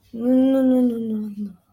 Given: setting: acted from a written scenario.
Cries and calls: vocal sound without words; guilt

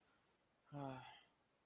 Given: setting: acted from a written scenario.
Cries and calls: vocal sound without words; disappointment

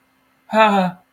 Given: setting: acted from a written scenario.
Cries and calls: vocal sound without words; fear

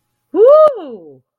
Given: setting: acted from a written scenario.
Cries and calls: vocal sound without words; positive surprise

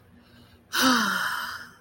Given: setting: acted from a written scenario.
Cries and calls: vocal sound without words; disappointment

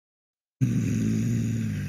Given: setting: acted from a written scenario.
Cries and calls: vocal sound without words; anger

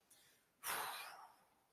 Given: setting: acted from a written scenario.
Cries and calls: vocal sound without words; anger

